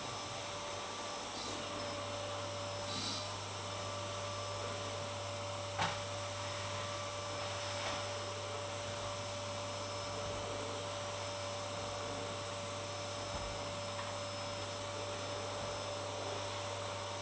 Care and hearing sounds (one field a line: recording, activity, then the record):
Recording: daily activity, microphone in the room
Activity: vacuum cleaning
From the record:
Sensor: 3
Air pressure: 1007.7 hPa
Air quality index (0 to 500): 49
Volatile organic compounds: 1 ppm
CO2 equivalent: 576 ppm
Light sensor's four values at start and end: 9/22/9/9 and 9/22/9/8